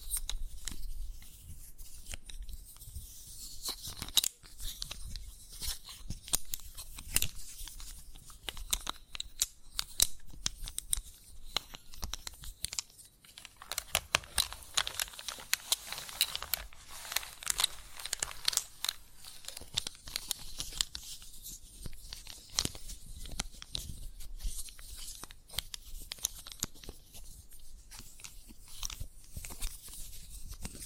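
Chalk scratching and tapping in dense, irregular bursts of sharp clicks and gritty scraping, with a hissier, steadier scrape around the middle.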